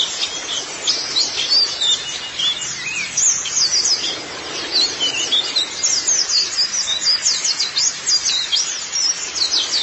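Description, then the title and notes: White-eye song of fast, high twitters and short whistled slurs, running continuously with slight swells in volume. "Kicauan Burung Pleci Durasi Panjang. Suara kicauan burung pleci"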